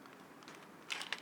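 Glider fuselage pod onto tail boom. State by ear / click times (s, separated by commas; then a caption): seated / 0.9 s, 1.1 s. The plastic fuselage pod of a mini discus-launch glider is clicked onto the tail boom and slid backwards to lock. Faint handling rustle comes first, then two sharp plastic clicks at 0.9 s and 1.1 s. The pod is seated and locked in place.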